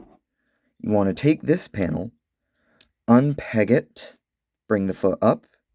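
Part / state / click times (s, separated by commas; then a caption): foot assembly of a plastic transforming action figure / not seated / none. Someone talks while handling the foot assembly of a plastic Transformers One Studio Series Megatron (#30) transforming action figure, unpegging a panel and bringing the foot up during transformation. A faint, brief tick is heard at about 2.8 s between phrases. The foot has not yet clicked into position, and nothing has seated.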